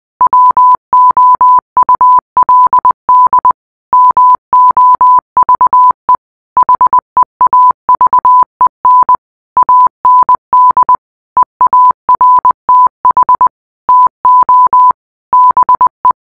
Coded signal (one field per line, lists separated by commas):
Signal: Morse code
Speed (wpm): 20 wpm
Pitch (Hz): 1000 Hz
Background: none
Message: WOULD MOVE HEAVEN AND EARTH TO BE